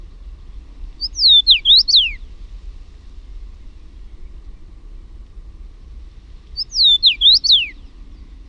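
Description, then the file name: Common rosefinch repeating the same brief whistled phrase twice, several rising and falling slurred notes ending low, separated by roughly four quiet seconds. "PUNAVARPUNEN"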